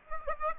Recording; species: mosquito wingbeat signal from an infrared sensor; Aedes aegypti